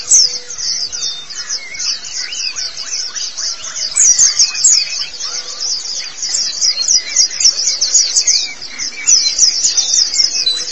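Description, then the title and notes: White-eye song: a steady, nonstop stream of high, rapid twittering notes with occasional lower chirps underneath. "Kicauan Burung Pleci Durasi Panjang. Suara kicauan burung pleci"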